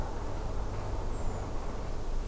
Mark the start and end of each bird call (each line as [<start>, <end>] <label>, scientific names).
[1.10, 1.43] Turdus iliacus